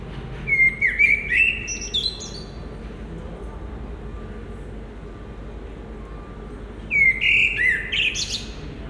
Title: Marolles, 1000 Bruxelles, Belgique - Résidence Sainte-Gertrude - Merle - Blackbird